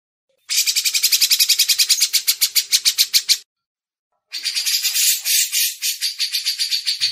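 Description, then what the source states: Grey-cheeked bulbul gives a loud, rapid series of harsh rhythmic notes, falls silent, then starts a second, slightly softer chattering run. Masteran training audio.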